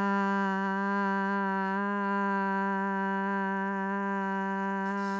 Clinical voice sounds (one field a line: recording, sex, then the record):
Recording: sustained vowel /a/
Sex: female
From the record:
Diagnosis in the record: Parkinson's disease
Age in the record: 67 years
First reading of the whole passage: 79 s, 6.5 characters per second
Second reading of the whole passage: 74 s, 7.0 characters per second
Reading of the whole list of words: 72 s, 3.9 characters per second